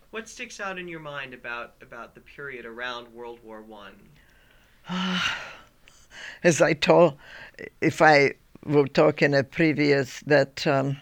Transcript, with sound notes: What sticks out in your mind about, about the period around World War One?
(she sighs) As I told, if I would talk in a previous, that